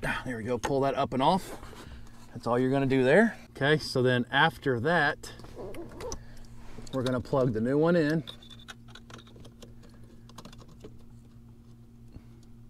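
Someone talks while handling the new plastic wiring harness connector of an aftermarket throttle pedal module near its mating socket on the truck, with faint scrapes and small ticks around 5.8–6.5 s and 8.7–10.5 s. Nothing has seated or clicked yet, and the safety tab has not been pressed down.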